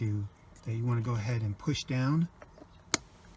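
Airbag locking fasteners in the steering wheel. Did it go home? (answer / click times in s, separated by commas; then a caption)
yes / 2.9 s. Someone talks while pushing down on the two black plastic locking fasteners in the steering wheel of a 2008 Lincoln MKX before refitting the driver airbag. A sharp click is heard at 2.9 s as a fastener is pushed down into place, seated.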